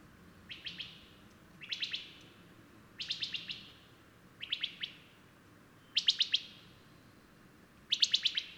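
Bird song: short bursts of three to five sharp, high chirps, each burst ringing briefly, repeated every one to two seconds against a soft low hum.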